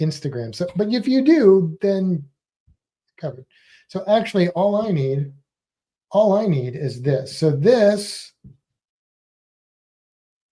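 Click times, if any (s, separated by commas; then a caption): none. A plastic quick-release camera adapter is held and lined up with a Telesin neck mount clamp, just before it snaps into place. Someone talks throughout, with short pauses and a brief faint sound near 8.5 seconds. Nothing has seated or clicked yet.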